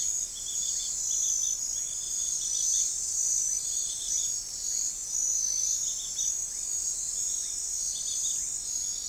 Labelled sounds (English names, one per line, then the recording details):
none
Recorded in forest near Pivijay, Magdalena, Colombia, on 3 June 2023 at 03:30
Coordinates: 10.467, -74.380
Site Z5-G034